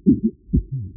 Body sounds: neck accelerometer signal played as sound; voluntary cough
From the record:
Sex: male

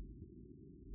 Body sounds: neck accelerometer signal played as sound; no cough (speech, laughter, throat clearing or background)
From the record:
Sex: male

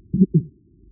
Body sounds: neck accelerometer signal played as sound; voluntary cough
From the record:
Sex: female

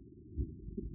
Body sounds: neck accelerometer signal played as sound; no cough (speech, laughter, throat clearing or background)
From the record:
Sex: male

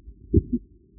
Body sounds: neck accelerometer signal played as sound; voluntary cough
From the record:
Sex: male

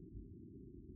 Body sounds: neck accelerometer signal played as sound; no cough (speech, laughter, throat clearing or background)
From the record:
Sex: male

